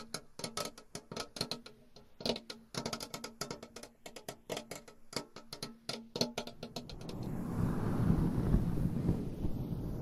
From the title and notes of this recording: Changing Triggers Every Few Seconds Scratching , Tapping , Massage & More No Talking.